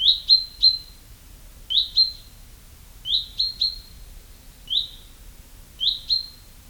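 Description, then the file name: Common chaffinch uttering crisp, high chips that drop in pitch, delivered singly or in rapid runs of two or three, at irregular intervals. "Fringilla coelebs"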